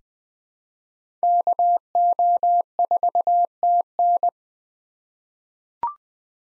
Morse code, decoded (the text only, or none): KO4TN